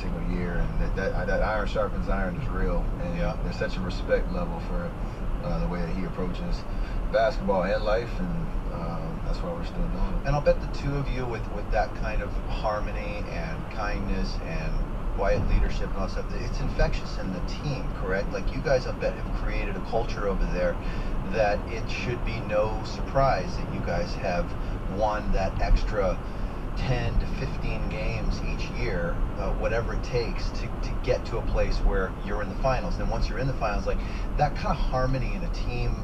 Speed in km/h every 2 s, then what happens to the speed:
55, 56, 56, 56, 56, 58, 60, 60, 61, 63, 68, 71, 72, 68, 69, 68, 58, 47.
0-15 steady at about 56. 15-21 speeds up to 71. 21-30 steady at about 69. 30-36 brakes to 47.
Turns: none.